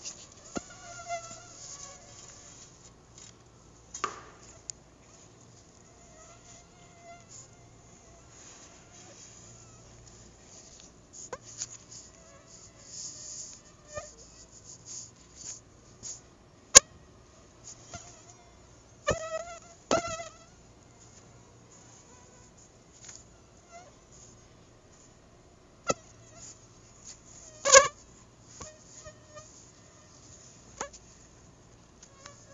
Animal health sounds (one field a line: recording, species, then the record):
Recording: mosquito flight sound by mobile phone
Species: Anopheles arabiensis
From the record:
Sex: female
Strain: Dongola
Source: CDC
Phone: Google Nexus